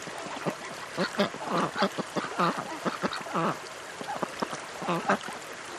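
Duck calls come as a busy run of nasal, clipped quacks over a steady background noise.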